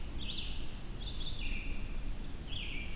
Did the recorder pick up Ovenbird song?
no